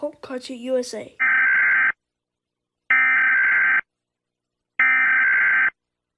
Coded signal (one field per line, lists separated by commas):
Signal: Emergency Alert System (SAME) tones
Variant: header bursts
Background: speech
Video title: Rating eas alarms from different countries